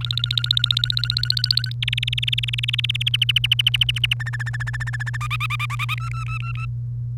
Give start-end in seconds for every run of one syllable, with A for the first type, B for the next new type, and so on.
0.01-1.72 A, 1.82-3.08 B, 3.14-4.14 C, 4.20-5.17 D, 5.21-5.94 E, 5.97-6.65 F